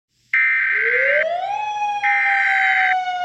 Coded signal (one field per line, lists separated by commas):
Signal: Emergency Alert System (SAME) tones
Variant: header bursts